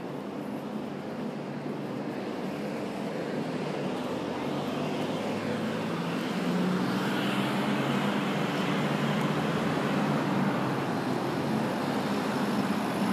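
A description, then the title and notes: Morning street noise on Marylebone High Street, a steady dense wash of vehicle rumble and road hiss. The sound swells slightly after about six seconds as a passing vehicle adds a low hum, then holds level to the end. Marylebone High Street on a Thursday morning.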